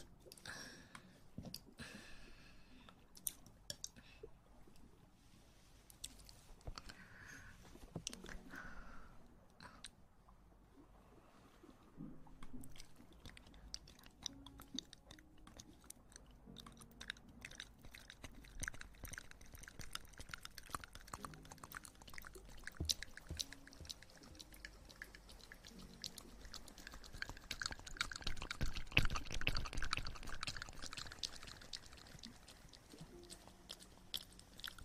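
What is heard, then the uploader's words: Ear eating: irregular wet chewing and crunchy bites, sparse at first, growing denser and louder near thirty seconds before easing off. Ear eating.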